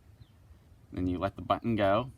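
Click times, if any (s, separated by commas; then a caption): none. A plastic outdoor faucet cover is being fitted onto a hose spigot, with its strap pulled tight while the release button is held down, just before the button is let go so the ratchet lock can catch. After almost a second of faint low background noise, someone talks. Nothing has seated or clicked yet, and the strap lock has not caught.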